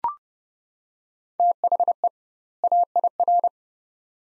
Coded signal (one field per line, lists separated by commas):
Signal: Morse code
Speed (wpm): 29 wpm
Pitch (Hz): 700 Hz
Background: none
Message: THE AIR